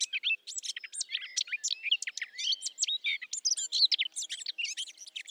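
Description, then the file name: Eurasian blackcap producing a short, busy warble of quick whistled upslurs, downslurs and chattering notes. "Sylvia atricapilla"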